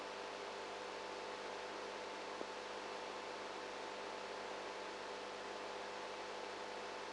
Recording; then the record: brain microelectrode recording played as sound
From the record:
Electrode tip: outside the subthalamic nucleus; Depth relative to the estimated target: -10 mm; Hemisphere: right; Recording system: NeuroSet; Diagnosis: Parkinson's disease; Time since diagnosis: 19 years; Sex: female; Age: 58 years